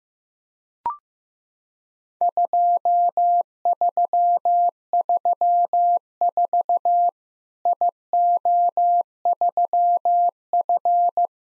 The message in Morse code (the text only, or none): 2334 IO3F